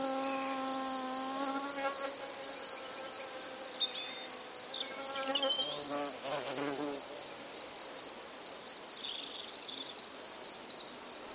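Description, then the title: Crickets give a continuous train of high chirps, over a low buzzing insect hum early on and a brief rustling burst midway. Crickets with various other insects and birds at Buoux, Vaucluse, France, in May 2007. "Animus. Grillons, Divers Insectes Et Oiseaux - Buoux, Vaucluse - mai 2007"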